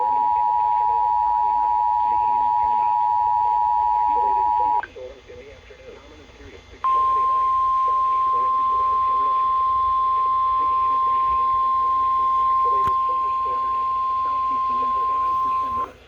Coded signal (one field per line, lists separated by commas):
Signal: Emergency Alert System (SAME) tones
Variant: 853 and 960 Hz attention tone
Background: speech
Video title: EAS #170: KIH35 RWT || 7/14/21